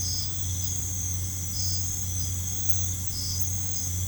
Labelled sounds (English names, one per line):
none